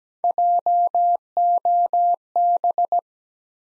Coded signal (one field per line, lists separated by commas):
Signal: Morse code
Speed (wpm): 17 wpm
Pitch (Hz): 700 Hz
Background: none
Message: JOB